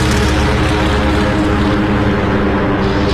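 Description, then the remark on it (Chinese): A propeller plane's engine roars loudly and steadily, a dense droning rumble with a pulsing low hum, as a torpedo bomber of the US 8th Torpedo Bomber Squadron takes off from an American aircraft carrier to attack the Japanese fleet. No voices are heard. “福特的摄影师拍完录像后，他们就起飞去袭击日军舰队了。首先起飞的是第8鱼雷轰炸机中队。”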